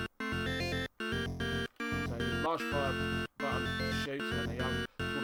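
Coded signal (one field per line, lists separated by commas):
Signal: none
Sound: video game sound effects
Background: speech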